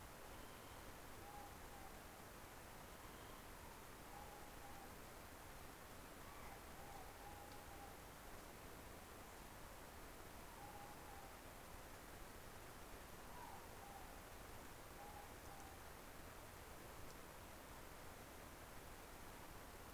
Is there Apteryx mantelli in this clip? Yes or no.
no